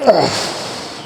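Someone pushes on the activator plunger in the base of a two-component (2K) aerosol paint can to push it through, and a brief broadband rustle peaks near 0.1 s before fading into a soft hiss. Someone talks briefly. The activator has not seated or clicked home yet.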